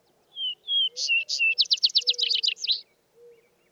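Vesper sparrow song with two whistled intro notes, two sharp higher notes and a rapid buzzy trill, with soft low tones beneath and after.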